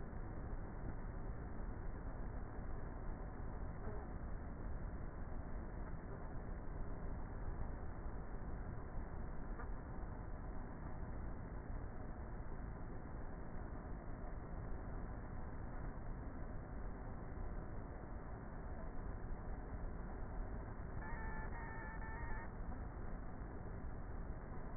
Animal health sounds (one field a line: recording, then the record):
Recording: honeybee colony, microphone inside the hive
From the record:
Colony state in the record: queenless with a low population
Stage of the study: before two queens were removed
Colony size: about 30,000 bees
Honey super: no